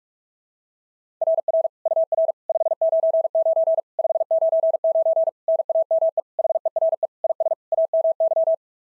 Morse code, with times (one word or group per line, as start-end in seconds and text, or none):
1.2-1.7 RR
1.9-2.3 UR
2.5-3.8 599
4.0-5.3 599
5.5-6.2 NAME
6.4-7.1 HERE
7.2-7.5 IS
7.7-8.5 AMY